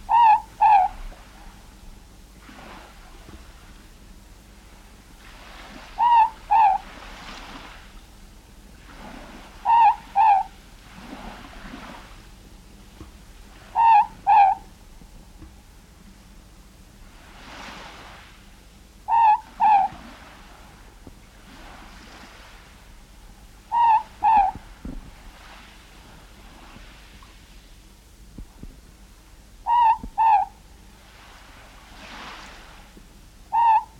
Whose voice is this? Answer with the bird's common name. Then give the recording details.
Morepork. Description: Morepork/ruru song. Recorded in New Zealand